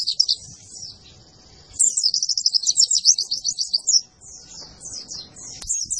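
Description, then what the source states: White-eye song, rapid high twittering phrases, preceded by quieter chirps, with low background noise. Lively-singing ('gacor') white-eye song used to train cage birds.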